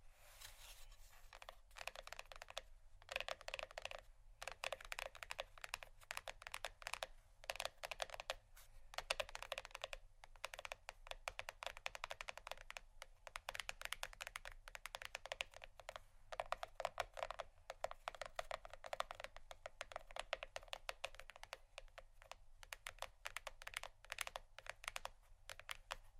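Soft, rapid tapping and scratching on cardboard runs in dense, irregular bursts with brief pauses, crisp and bright over a faint low hum.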